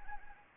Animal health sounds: mosquito wingbeat signal from an infrared sensor; Anopheles arabiensis

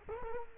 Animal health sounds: mosquito wingbeat signal from an infrared sensor; Culex quinquefasciatus

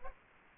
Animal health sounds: mosquito wingbeat signal from an infrared sensor; Culex quinquefasciatus

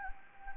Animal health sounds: mosquito wingbeat signal from an infrared sensor; Anopheles gambiae

